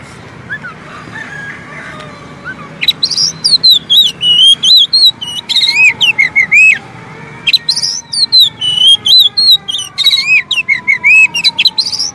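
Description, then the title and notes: Oriental magpie-robin song: loud, varied whistled phrases with rising and falling slurs and rapid chips, delivered in quick bursts, with a faint low hum underneath. Long-duration song for training kept birds to sing, day and night. "Kacer Jadi Gacor Siang Malam. Isian Kacer Durasi Panjang"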